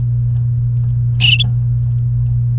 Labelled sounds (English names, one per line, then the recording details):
Domestic Canary song
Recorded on 29 April 2018 at 16:36
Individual llb3